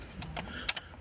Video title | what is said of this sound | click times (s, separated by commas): How To Remove Audi MMI Audi A4 B8.5 A5 Q5 2008-2016 | and you put it out angle till you hear it click | 0.7 s